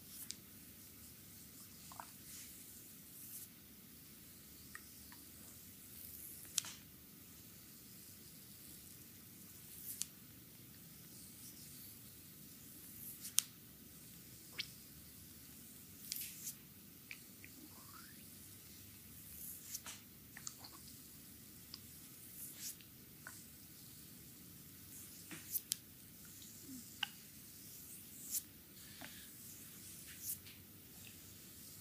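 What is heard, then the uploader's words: Hands massage oil into a belly, making soft, wet squishing and slick rubbing sounds over a steady low hiss. Sharp little clicks and smacks pop up every second or two, with a few louder slaps around the middle, all close and in a small quiet room. Stomach massage (belly, front, abdominal) with oil.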